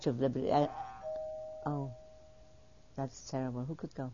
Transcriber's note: A doorbell rings in the background, who could come?